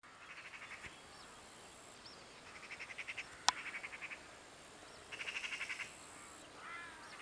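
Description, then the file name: Eurasian magpie chattering in quick, dry rattled bursts, several short series spread throughout, with one sharp click midway and steady background hiss. "Pica pica"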